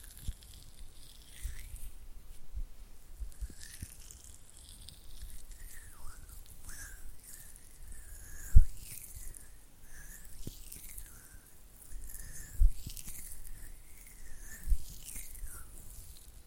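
Oily hands rub and flutter in a steady stream of wet, squelchy slides and soft patters, with sharper smacks near 9, 13 and 15 seconds.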